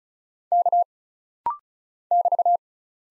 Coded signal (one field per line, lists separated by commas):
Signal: Morse code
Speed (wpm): 34 wpm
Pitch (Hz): 700 Hz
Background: none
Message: K <BT>